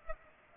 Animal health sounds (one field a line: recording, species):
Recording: mosquito wingbeat signal from an infrared sensor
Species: Aedes aegypti